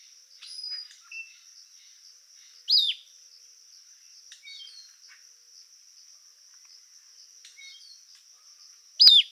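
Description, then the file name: Caribbean elaenia giving two loud calls that drop sharply in pitch, about six and a half seconds apart, over a steady high insect drone and faint chirps from other birds. Call, Yucatán, Mexico, 8 December 2016. "Caribbean Eleania Yucatan 081216 call"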